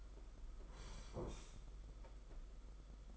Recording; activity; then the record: daily activity, microphone in the room; sit down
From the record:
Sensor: 5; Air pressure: 991.8 hPa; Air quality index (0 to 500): 141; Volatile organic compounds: 119 ppm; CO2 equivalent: 3870 ppm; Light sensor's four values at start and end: 32/107/40/42 and 32/108/40/43